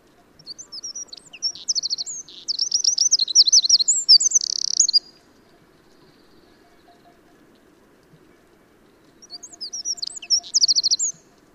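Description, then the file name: Eurasian wren song, a shrill burst of quick notes and trills for about five seconds, then a pause and a second shorter outburst. "Troglodytes troglodytes"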